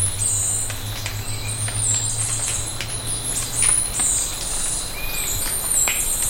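Bird gives sparse, thin arched whistle notes, one clearer near the end, amid continuous high hissy noise and a low hum that fades out.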